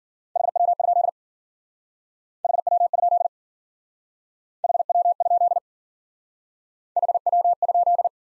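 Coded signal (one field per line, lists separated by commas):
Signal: Morse code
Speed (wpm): 49 wpm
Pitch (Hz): 700 Hz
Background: none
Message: HW? HW? HW? HW?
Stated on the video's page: Morse practice in Speed-Racing format: starts fast and slows incrementally to a base speed, fastest being 1.5 times slowest; final repeat sent once at maximum speed.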